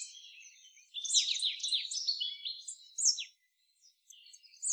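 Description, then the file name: Marsh tit calls, a run of quick high chirps and downslurred notes, busiest between one and three seconds, then a pause and a few softer notes before a final high note. "Poecile palustris"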